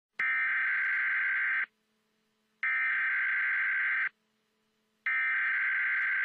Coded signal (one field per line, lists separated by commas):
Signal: Emergency Alert System (SAME) tones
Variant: header bursts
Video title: Emergency Alert System RFID Warning 100th Video Special